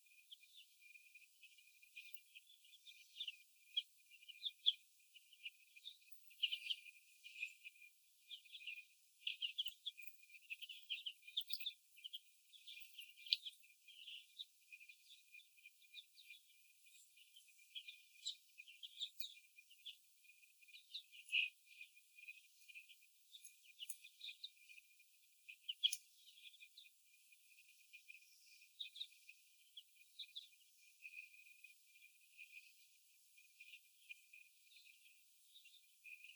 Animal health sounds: young laying hens in a cage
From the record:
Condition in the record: after the stressor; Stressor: sudden umbrella opening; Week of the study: 2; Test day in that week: 1

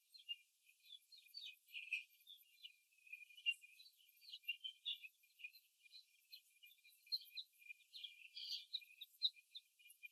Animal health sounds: young laying hens in a cage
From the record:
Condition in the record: after the stressor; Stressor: simulated dog barking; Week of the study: 3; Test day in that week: 1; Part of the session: 1

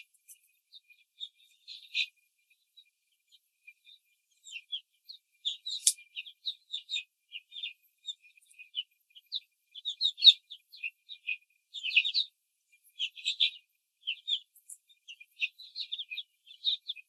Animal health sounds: young laying hens in a cage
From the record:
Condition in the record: control cage, after the stress test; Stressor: none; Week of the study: 4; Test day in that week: 3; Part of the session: 3

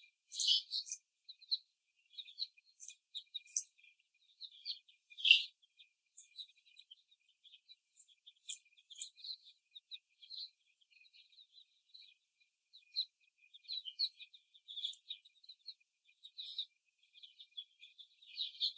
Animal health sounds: young laying hens in a cage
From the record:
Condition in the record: before the stressor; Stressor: simulated dog barking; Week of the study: 1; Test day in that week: 2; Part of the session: 2

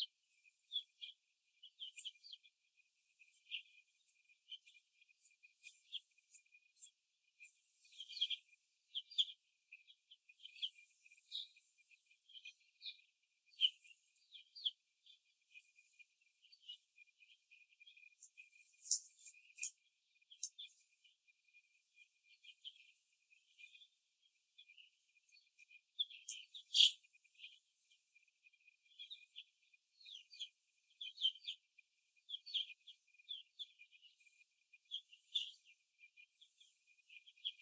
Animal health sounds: young laying hens in a cage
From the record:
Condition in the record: after the stressor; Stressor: simulated dog barking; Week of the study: 2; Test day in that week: 2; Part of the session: 3

